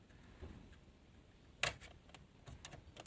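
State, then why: Seated. A second metal stereo removal key is pushed all the way into the release slot on the other side of a car head unit, the same as the first side. It clicks into place at 1.6 s, followed by softer ticks and taps, and the key is seated.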